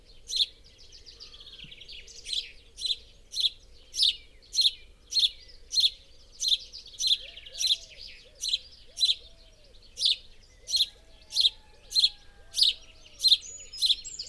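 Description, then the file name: House sparrow giving a long, steady series of sharp chirps, roughly two per second, over a faint low hum. "Passer domesticus"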